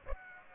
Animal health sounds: mosquito wingbeat signal from an infrared sensor; Aedes aegypti

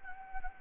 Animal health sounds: mosquito wingbeat signal from an infrared sensor; Anopheles gambiae

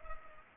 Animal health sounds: mosquito wingbeat signal from an infrared sensor; Culex pipiens

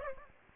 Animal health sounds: mosquito wingbeat signal from an infrared sensor; Aedes aegypti

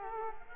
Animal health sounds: mosquito wingbeat signal from an infrared sensor; Culex quinquefasciatus

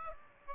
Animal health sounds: mosquito wingbeat signal from an infrared sensor; Aedes aegypti

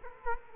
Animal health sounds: mosquito wingbeat signal from an infrared sensor; Culex quinquefasciatus

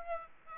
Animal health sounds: mosquito wingbeat signal from an infrared sensor; Aedes aegypti

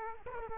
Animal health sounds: mosquito wingbeat signal from an infrared sensor; Culex quinquefasciatus

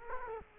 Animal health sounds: mosquito wingbeat signal from an infrared sensor; Culex quinquefasciatus

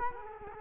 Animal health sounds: mosquito wingbeat signal from an infrared sensor; Culex quinquefasciatus

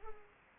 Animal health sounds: mosquito wingbeat signal from an infrared sensor; Culex pipiens

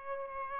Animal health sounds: mosquito wingbeat signal from an infrared sensor; Aedes aegypti

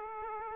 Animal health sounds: mosquito wingbeat signal from an infrared sensor; Aedes aegypti

